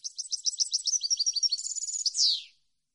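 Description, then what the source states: European goldfinch twittering song: quick repeated high chirps, a brief trilled stretch, and a final downward-sliding note before silence. Clean goldfinch song intended for birds to copy.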